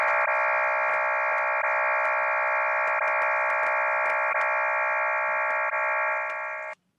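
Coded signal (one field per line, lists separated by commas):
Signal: HF data modem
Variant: Clover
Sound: steady dense warbling chord of many parallel tones, a harsh data roar that cuts off abruptly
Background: radio static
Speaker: okay all righty um what this one sounds like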